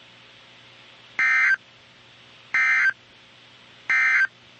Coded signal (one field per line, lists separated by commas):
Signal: Emergency Alert System (SAME) tones